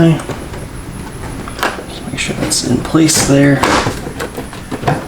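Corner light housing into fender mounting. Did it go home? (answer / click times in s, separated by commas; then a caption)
no / none. Someone talks while handling a new corner light housing at its fender mounting on a BMW E46, with brief knocks of plastic being positioned. The housing is being fitted but nothing has seated or clicked yet.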